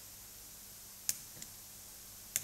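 A small metal retaining clip is fitted onto a shaft in the gearbox of a Macnaught mechanical flow meter (models 012–100). Sharp clicks are heard at 1.1 s and 2.4 s, with a fainter tick at about 1.4 s, over a quiet steady background. The clicks show that the clip has seated in the right position.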